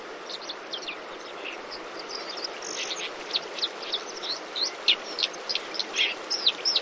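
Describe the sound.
Bird calls: a busy run of short, high chirps and squeaks, growing louder and more frequent toward the end, over constant hiss.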